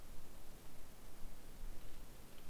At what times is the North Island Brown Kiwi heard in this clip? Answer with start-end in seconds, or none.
none